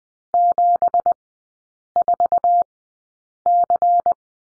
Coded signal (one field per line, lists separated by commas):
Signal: Morse code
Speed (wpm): 20 wpm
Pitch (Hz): 700 Hz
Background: none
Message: 74C